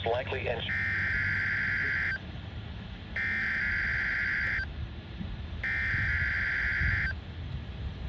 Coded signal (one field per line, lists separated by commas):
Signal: Emergency Alert System (SAME) tones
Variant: header bursts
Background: speech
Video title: (EAS #480) KMKX Required Weekly Test